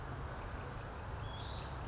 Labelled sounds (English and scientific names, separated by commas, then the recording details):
Western Flycatcher (Empidonax difficilis)
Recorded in Sonoma County, California